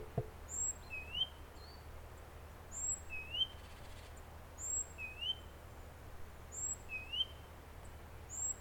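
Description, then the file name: Great tit calling: a thin high whistle followed by a lower rising slurred note, the pair repeated about every two seconds over steady low background hum. "Parus major"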